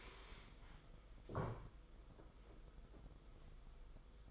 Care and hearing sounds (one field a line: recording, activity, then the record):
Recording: daily activity, microphone in the room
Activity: stand up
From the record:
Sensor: 5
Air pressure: 990.6 hPa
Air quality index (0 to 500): 150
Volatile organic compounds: 163 ppm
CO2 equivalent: 4078 ppm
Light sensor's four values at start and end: 45/135/52/56 and 45/135/52/56